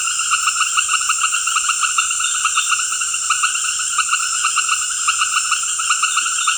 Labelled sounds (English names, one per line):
none